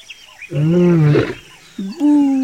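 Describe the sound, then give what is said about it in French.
A lion in the savanna lets out two drawn-out, mournful, lamenting roars, the first long and groaning as it tails off, the second shorter and steadier after a brief pause. “Il y a très longtemps, dans la savane, un lion se lamentait.”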